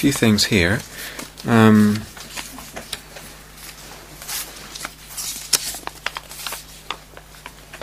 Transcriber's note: shuffles notes people have left